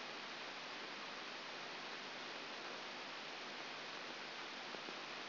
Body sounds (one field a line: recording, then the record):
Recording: brain microelectrode recording played as sound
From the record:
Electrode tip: outside the subthalamic nucleus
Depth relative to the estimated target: -4 mm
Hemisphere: left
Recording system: AlphaMap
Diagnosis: Parkinson's disease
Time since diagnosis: 15 years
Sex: female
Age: 68 years